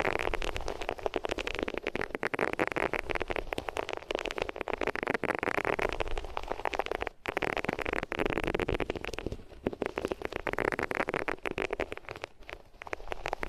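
Rubbing against ears on different materials makes a continuous, dense rustling and scratching, busiest in the middle and upper range. It surges and eases in slow waves with rapid crackly strokes throughout, and cuts out briefly around seven seconds before resuming.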